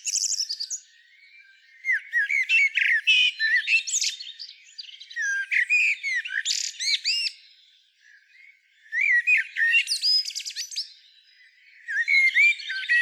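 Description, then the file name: Common blackbird calls: dense bursts of squeaky, twittering and sliding whistled notes in several busy bouts separated by short quiet gaps. "Turdus merula"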